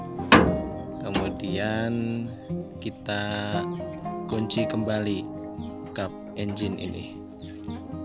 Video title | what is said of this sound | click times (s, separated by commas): Tutorial P2H Unit Excavator PC 200 -7 Komatsu | sampai bunyi klik kemudian | 0.3 s